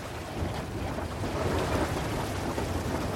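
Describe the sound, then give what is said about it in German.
A storm at sea shaking a ship and its crew during a crossing to South America: a steady, dense roar of wind and churning water that swells slightly partway through, with no voices and no clear break in the noise. “Immer wieder geraten sie in einen Sturm, der jedes Mal aufs Neue das Schiff und seine Besatzung auf die Probe stellt und gründlich durchschüttelt.”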